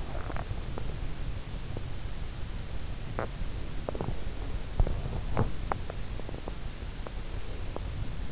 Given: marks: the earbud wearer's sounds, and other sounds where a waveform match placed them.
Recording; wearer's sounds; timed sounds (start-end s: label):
sounds in sleep by an in-ear microphone; teeth grinding
0.00-1.83 s: teeth grinding
3.14-6.08 s: teeth grinding